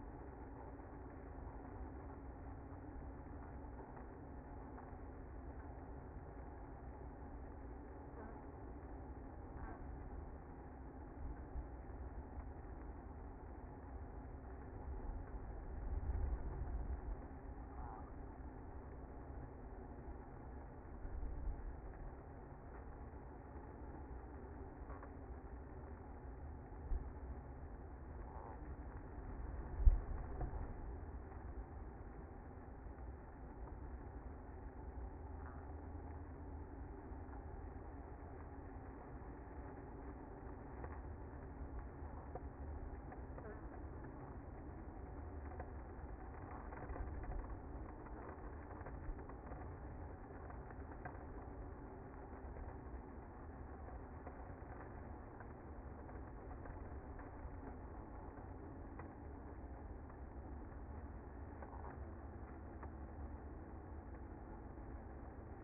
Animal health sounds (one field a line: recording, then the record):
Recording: honeybee colony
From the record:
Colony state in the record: active